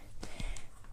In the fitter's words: like that clicks in sits in there